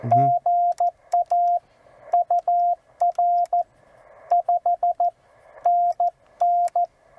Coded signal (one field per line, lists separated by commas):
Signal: Morse code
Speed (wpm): 14 wpm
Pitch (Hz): 700 Hz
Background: radio noise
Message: GA UR 5 NN